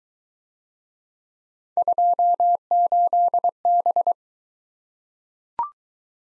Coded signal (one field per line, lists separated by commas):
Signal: Morse code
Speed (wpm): 22 wpm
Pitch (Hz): 700 Hz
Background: none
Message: 28B